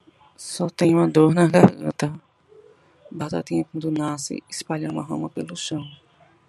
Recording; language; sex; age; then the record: short text; Brazilian Portuguese; female; 40 to 49 years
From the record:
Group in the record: control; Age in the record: 42 years